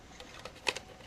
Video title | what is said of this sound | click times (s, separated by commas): Inexpensive Holiday Luminaire from a Soda Bottle | you cut too far it won't lock into place but once you know that spot it works perfect now | 0.7 s